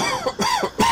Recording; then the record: coughing mixed with background sound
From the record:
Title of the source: Dry Coughing Fit in the Afternoon.